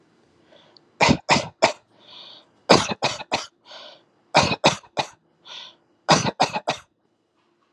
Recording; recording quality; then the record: shallow voluntary cough; excellent, no background noise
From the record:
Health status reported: COVID-19 positive, mild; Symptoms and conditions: cough, cold, sore throat, fever, fatigue, muscle pain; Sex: male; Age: 25 years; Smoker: not ticked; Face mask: worn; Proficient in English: yes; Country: India